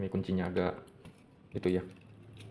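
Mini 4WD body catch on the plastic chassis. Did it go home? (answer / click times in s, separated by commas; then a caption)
no / none. Someone talks while handling the plastic body of a mini 4WD car, fitted onto its Super-1 plastic chassis, as the body catch is worked toward closing, with only faint low handling noise under the voice. The catch has not clicked shut yet, and nothing has seated by the end of the clip.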